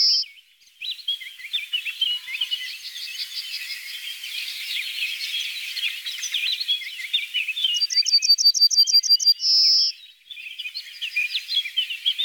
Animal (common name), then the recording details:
Yellowhammer. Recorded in the wild. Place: Oberrotweil am Kaiserstuhl, Baden-Württemberg, DE. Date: 1988-06-18. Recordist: Schwarz, Dieter